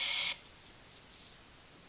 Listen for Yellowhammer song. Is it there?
no